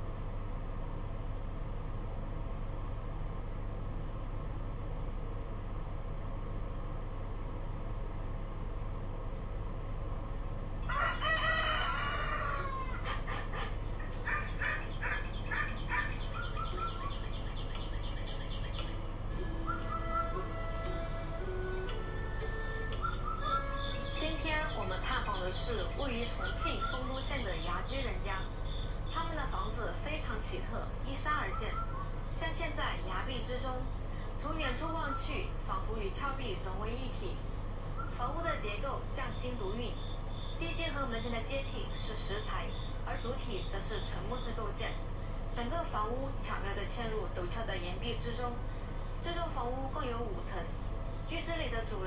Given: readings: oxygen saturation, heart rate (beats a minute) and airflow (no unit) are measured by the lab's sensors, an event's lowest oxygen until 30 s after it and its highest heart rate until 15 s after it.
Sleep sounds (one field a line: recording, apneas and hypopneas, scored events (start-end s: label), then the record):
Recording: a person awake in a sleep study, by a smartphone at the bedside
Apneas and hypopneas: none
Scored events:
0.00-52.07 s: awake
From the record:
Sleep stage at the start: awake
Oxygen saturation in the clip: 93 to 95%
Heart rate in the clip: 62 to 69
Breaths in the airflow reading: 17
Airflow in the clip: -6.3 to 5.4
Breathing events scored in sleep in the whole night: 476 in 9.7 hours asleep